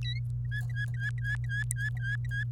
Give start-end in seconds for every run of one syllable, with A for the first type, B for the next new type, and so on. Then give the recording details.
0.45-2.44 A. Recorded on 28 April 2018 at 09:21. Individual llb3